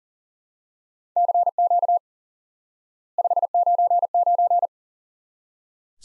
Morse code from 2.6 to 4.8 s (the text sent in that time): 599